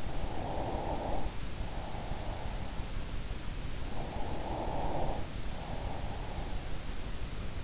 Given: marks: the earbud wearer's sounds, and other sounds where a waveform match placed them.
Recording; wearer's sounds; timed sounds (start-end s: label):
sounds in sleep by an in-ear microphone; breath
0.00-2.98 s: breath
3.73-6.92 s: breath